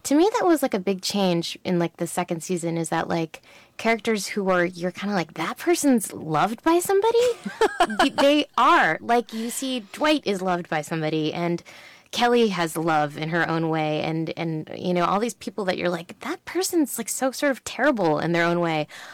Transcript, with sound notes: To me, that was, like, a big change in, like, the second season is that, like, characters who are - you're kind of like, that person's loved by somebody?
(Laughter).
They are. Like, you see Dwight is loved by somebody, and Kelly has love in her own way. And, you know, all these people that you're like, that person's, like, so sort of terrible in their own way.